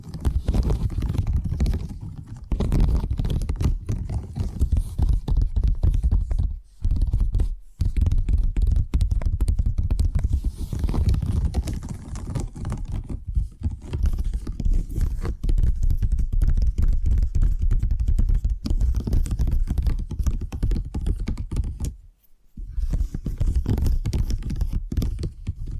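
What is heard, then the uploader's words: Rapid tapping runs almost without pause, dense clusters of quick knocks with a heavy low thump under each. The pace shifts in bursts, with brief silent gaps near 7, 8 and 22 seconds before the tapping resumes. ASMR 10 Addictive Tapping Triggers. (No Talking).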